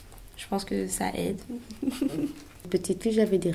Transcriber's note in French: rire